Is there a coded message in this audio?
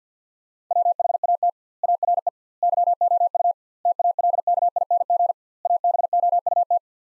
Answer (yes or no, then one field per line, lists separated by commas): yes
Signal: Morse code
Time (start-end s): 0.7-6.8 s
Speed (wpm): 50 wpm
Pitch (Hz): 700 Hz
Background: none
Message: WHAT ARE YOU TALKING ABOUT